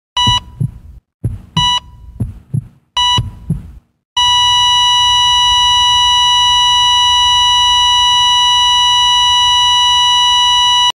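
Three slow double thumps, roughly 40 to 45 a minute, each paired with a high monitor beep. After about four seconds they give way to a steady, unbroken flatline tone for the rest. A sound-effect style heartbeat.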